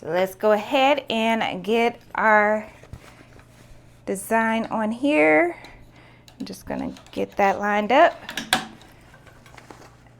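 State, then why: Seated. Someone talks while a hooped cosmetic bag is lined up on the hoop arms of a multi-needle embroidery machine and pushed until it locks. Sharp, short hits come near the end, with the hoop locking into place at 9.6 and 9.7 seconds.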